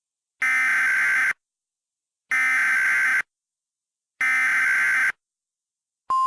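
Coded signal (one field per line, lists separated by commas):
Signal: Emergency Alert System (SAME) tones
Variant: header bursts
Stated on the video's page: Valid SAME tones from a fictional alert scenario, not a real broadcast.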